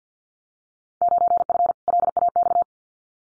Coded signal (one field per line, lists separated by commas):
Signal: Morse code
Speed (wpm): 50 wpm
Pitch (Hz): 700 Hz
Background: none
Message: 9F LAX